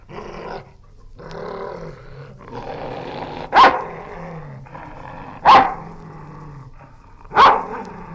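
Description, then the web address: Dog growling low and continuously, broken by three sharp, loud barks spaced about two seconds apart. Angry barking and growls. "Sound Effects-BBC Dog"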